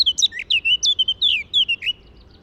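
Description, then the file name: Eurasian blackcap song, a fast, continuous warble of slurred whistles and chirps that jump up and down in pitch, ending abruptly after two seconds. "Sylvia atricapilla"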